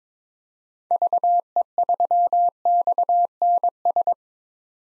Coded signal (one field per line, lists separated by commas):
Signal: Morse code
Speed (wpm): 22 wpm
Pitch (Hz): 700 Hz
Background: none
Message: VE3XNS